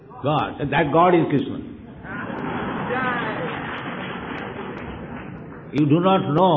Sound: applause